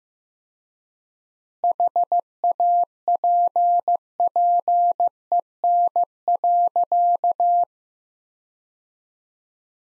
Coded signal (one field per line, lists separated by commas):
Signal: Morse code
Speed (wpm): 15 wpm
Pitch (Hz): 700 Hz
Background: none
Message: HAPPEN.